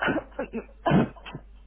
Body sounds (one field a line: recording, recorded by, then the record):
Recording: voluntary cough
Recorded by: telephone call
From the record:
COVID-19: positive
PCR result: checked with the laboratory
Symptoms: no